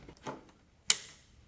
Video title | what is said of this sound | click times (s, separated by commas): HAT Collective - Power & Data Beam | and they slide right on down and they click when you're when you're | 0.9 s